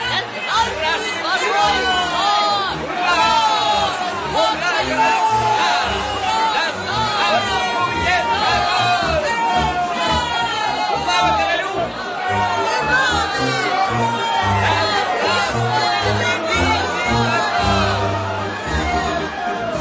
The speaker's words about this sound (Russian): Все жители громко аплодировали, а некоторые даже кричали.